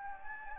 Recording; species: mosquito wingbeat signal from an infrared sensor; Anopheles gambiae